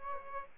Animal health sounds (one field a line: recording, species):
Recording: mosquito wingbeat signal from an infrared sensor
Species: Aedes aegypti